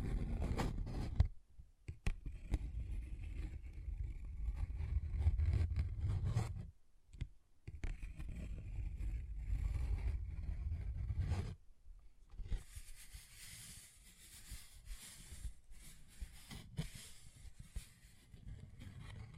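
A paper bag is tapped and scratched. For about twelve seconds there is a dense, low rumbling rustle, broken by brief silences near 1, 2, 7 and 11.5 seconds. After that the scratching turns thinner, brighter and quieter, with irregular crisp scrapes until the end.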